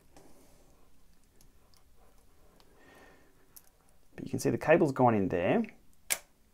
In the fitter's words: pinches it tight pushes it up locks in place there we go we can take our hands off